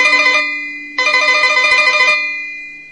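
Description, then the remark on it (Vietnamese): A telephone rings in a study as someone sits down in a chair, in two bursts: a short trill, a brief pause, then a longer trill of bright, rapidly pulsing bell tones that fades out afterward. No voices. “Ông Trân vào phòng làm việc, vừa ngồi xuống ghế thì chuông điện thoại reo vang.”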